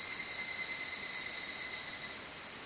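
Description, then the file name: Evening cicada giving a continuous ringing, high-pitched metallic whine with layered overtones that holds steady and softens slightly toward the end. "higurashi"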